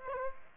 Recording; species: mosquito wingbeat signal from an infrared sensor; Aedes aegypti